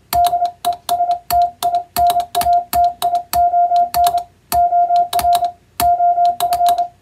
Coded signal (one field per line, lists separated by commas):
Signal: Morse code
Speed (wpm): 27 wpm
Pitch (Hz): 700 Hz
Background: music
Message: DESTINATION OR OF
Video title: 【ソフトウェアでないＣＷ練習を始めませんか】ＣＷの練習風景です。欧文普通語をエレキーで叩いてみました。生身のモールスで受信練習をしてみませんか(training for radio operator)